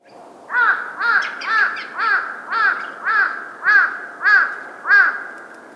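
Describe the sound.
Crow calling: nine loud, raspy caws repeated steadily about twice a second, filling the whole stretch.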